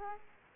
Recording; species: mosquito wingbeat signal from an infrared sensor; Aedes aegypti